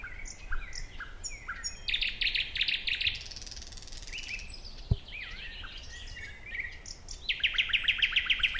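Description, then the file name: Thrush nightingale song: fast rattling series of hard pulsed notes alternates with whistles and short chirps; one sharp knock midway. "Naktergal"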